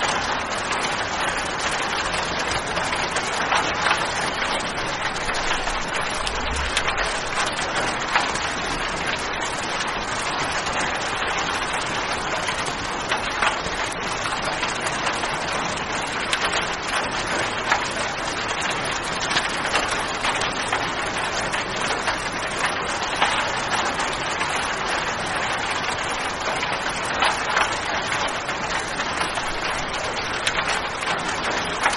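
Rain falls steadily and densely throughout, an even hiss with tiny crackling drops and no letup or change in strength.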